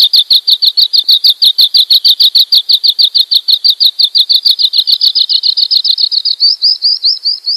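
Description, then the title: Oriental magpie-robin singing a long, rapid series of repeated chirping notes, fairly steady in pitch. "Kicau Kacer"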